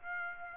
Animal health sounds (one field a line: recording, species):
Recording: mosquito wingbeat signal from an infrared sensor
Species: Aedes aegypti